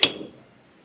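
A single sharp tap from a seal driver drives the metal fork bushing into the aluminium fork slider of a Honda Shadow motorcycle, striking at about 0.0 s with a bright metallic crack that rings briefly and fades. The bushing is seated with this final tap.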